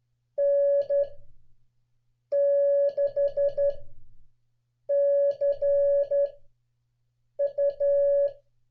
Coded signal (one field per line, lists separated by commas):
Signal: Morse code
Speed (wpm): 11 wpm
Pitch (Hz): 560 Hz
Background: none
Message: N6CU